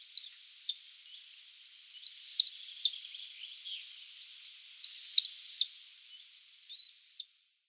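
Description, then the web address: Common sandpiper giving shrill whistled notes, singly or in pairs, in a few bursts every two to three seconds, otherwise quiet. "Schulze Peter Common Sandpiper calls"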